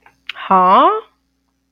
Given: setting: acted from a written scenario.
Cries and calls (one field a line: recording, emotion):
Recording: vocal sound without words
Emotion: confusion